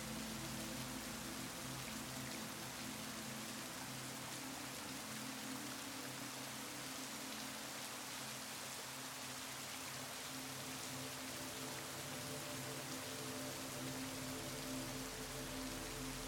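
Steady rain falls throughout, a dense, even hiss of drops spread across the whole range with no breaks. Underneath, soft sustained musical tones hold low and mid pitches, a gentle melody that swells slightly in the second half.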